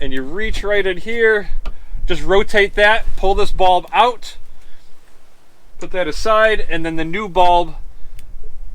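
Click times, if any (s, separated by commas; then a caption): 8.2 s. Someone talks while removing an old bulb from the interior dome light socket of a 2021 Toyota RAV4 Prime and pushing in a new LED bulb. A single short tick at 8.2 s marks the LED bulb popping into the socket, and it is seated.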